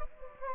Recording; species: mosquito wingbeat signal from an infrared sensor; Anopheles gambiae